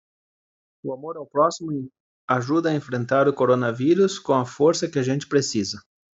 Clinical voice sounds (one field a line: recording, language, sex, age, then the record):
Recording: spoken sentence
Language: Brazilian Portuguese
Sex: male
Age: 40 to 49 years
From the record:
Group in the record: control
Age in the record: 43 years